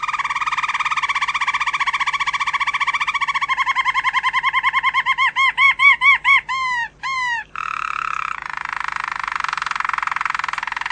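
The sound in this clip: Domestic canary singing a fast buzzy trill that gradually slows into separate arched notes, then switches to a lower steady tour and a rapid high rattle.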